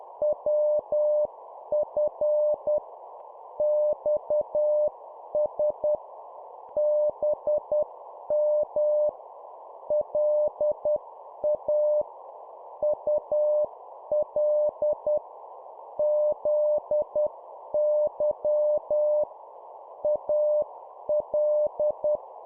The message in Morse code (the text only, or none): WF XS BM LA UL ZY AL